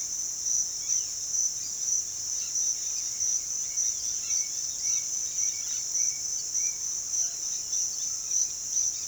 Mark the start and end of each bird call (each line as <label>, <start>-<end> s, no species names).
bird call, 0.71-1.16 s
bird call, 2.23-6.83 s
bird call, 7.30-9.07 s